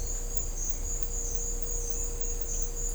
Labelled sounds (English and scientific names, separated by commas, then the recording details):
none
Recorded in dense forest near Puerto Asís, Putumayo, Colombia, on 22 December 2024 at 09:00
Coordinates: 0.500, -76.322
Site G053